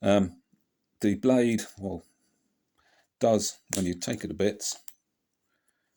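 Someone talks while handling the thin metal blade of a credit-card-style folding knife, unfolding it toward its lock on a small stud on the card body, with only a faint soft sound near 2.8 s between the words. The blade has not yet locked open, and nothing has seated or clicked by the end of the clip.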